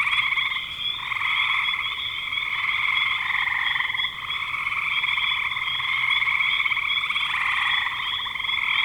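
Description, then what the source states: Frog chorus, a dense wall of high trilled calls layered in several bands, steady throughout with brief dips near one and four seconds, no other sounds. Recorded in spring 2025.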